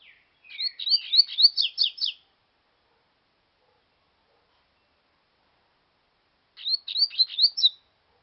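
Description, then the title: Double-collared seedeater singing two fast phrases of crisp, high twittering notes, each phrase under two seconds, separated by a long quiet pause. "Canto Coleiro"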